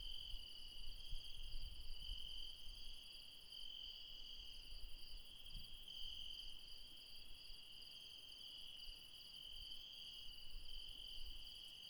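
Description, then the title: Insects producing a continuous ringing chorus of stacked high tones, accompanied by low rumbling background noise and occasional soft thuds. Late night in the mountains at Refuge Krevatia, Barbala (Μπαρμπαλά), Dion, Greece. "Refuge Krevatia, Μπαρμπαλά, Dion 601 00, Greece - Late night mountain insects"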